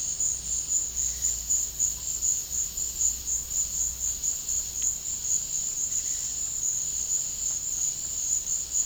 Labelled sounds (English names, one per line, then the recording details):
none
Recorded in pastures near Puerto Asís, Putumayo, Colombia, on 21 March 2025 at 14:00
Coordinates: 0.502, -76.324
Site GP07